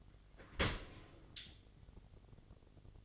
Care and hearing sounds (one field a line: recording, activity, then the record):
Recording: daily activity, microphone in the room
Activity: open dishwasher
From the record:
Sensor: 4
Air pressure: 1007.5 hPa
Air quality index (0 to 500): 199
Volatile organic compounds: 7 ppm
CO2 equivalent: 1983 ppm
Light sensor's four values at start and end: 22/71/27/26 and 22/70/27/26